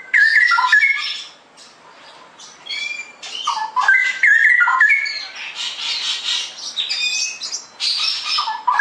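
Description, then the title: Straw-headed bulbul song, rich bubbling whistled phrases in two bursts, broken by harsh, hissy chattering squawks. Masteran tutoring track for training caged birds; ropel gacor style, meaning rapid, continuous, energetic singing. "mster Mnuk. Masteran Burung CUCAK ROWO. Cucak Rowo Ropel Gacor"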